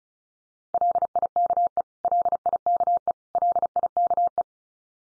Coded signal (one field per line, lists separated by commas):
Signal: Morse code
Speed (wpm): 34 wpm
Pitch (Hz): 700 Hz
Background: none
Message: LIKE LIKE LIKE